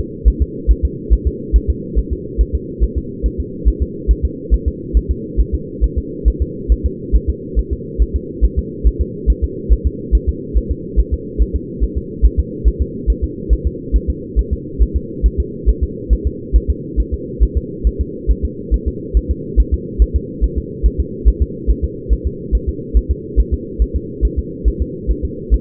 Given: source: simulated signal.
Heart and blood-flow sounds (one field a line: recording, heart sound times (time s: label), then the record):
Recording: fetal heart sounds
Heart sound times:
0.28 s: S1
0.42 s: S2
0.71 s: S1
0.85 s: S2
1.13 s: S1
1.27 s: S2
1.56 s: S1
1.70 s: S2
1.99 s: S1
2.13 s: S2
2.41 s: S1
2.55 s: S2
2.84 s: S1
2.98 s: S2
3.26 s: S1
3.40 s: S2
3.68 s: S1
3.82 s: S2
4.11 s: S1
4.25 s: S2
4.54 s: S1
4.68 s: S2
4.97 s: S1
5.11 s: S2
5.40 s: S1
5.54 s: S2
5.84 s: S1
5.98 s: S2
6.28 s: S1
6.42 s: S2
6.72 s: S1
6.86 s: S2
7.15 s: S1
7.30 s: S2
7.59 s: S1
7.73 s: S2
8.02 s: S1
8.16 s: S2
8.45 s: S1
8.59 s: S2
8.87 s: S1
9.01 s: S2
9.30 s: S1
9.44 s: S2
9.73 s: S1
9.87 s: S2
10.15 s: S1
10.29 s: S2
10.57 s: S1
10.71 s: S2
11.00 s: S1
11.14 s: S2
11.42 s: S1
11.56 s: S2
11.84 s: S1
11.98 s: S2
12.26 s: S1
12.39 s: S2
12.68 s: S1
12.82 s: S2
13.10 s: S1
13.24 s: S2
13.53 s: S1
13.67 s: S2
13.96 s: S1
14.10 s: S2
14.39 s: S1
14.53 s: S2
14.82 s: S1
14.96 s: S2
15.26 s: S1
15.40 s: S2
15.69 s: S1
15.83 s: S2
16.13 s: S1
16.27 s: S2
16.56 s: S1
16.70 s: S2
17.00 s: S1
17.14 s: S2
17.43 s: S1
17.57 s: S2
17.87 s: S1
18.01 s: S2
18.31 s: S1
18.45 s: S2
18.74 s: S1
18.88 s: S2
19.17 s: S1
19.31 s: S2
19.60 s: S1
19.74 s: S2
20.02 s: S1
20.16 s: S2
20.44 s: S1
20.58 s: S2
20.86 s: S1
21.00 s: S2
21.28 s: S1
21.42 s: S2
21.70 s: S1
21.84 s: S2
22.13 s: S1
22.27 s: S2
22.55 s: S1
22.69 s: S2
22.97 s: S1
23.11 s: S2
23.40 s: S1
23.54 s: S2
23.82 s: S1
23.96 s: S2
24.25 s: S1
24.39 s: S2
24.68 s: S1
24.82 s: S2
25.11 s: S1
25.25 s: S2
25.54 s: S1
From the record:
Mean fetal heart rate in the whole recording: 140 bpm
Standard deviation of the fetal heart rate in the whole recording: 2 bpm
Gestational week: 34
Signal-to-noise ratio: -4.1 dB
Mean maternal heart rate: no maternal heart sound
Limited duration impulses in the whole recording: absent